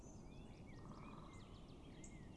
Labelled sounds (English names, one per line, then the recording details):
Great Spotted Woodpecker
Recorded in Germany
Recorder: ecoPi